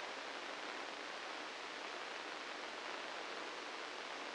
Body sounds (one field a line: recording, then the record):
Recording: brain microelectrode recording played as sound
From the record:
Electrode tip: inside the subthalamic nucleus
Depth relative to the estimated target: -2 mm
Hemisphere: left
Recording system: NeuroSet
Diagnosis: Parkinson's disease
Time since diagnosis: 13 years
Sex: male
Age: 65 years